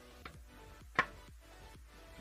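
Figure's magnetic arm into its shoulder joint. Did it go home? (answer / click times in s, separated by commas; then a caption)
yes / 1.0 s. The magnetically attached arm of a 3D-printed articulated figure is put back into its shoulder joint. A faint tap sounds at 0.3 s, then a sharp snap at 1.0 s as the arm seats in place over a low, steady background hum.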